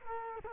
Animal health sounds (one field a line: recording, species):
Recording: mosquito wingbeat signal from an infrared sensor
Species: Culex quinquefasciatus